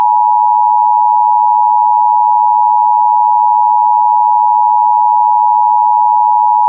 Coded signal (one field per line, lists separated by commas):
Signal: Emergency Alert System (SAME) tones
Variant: 853 and 960 Hz attention tone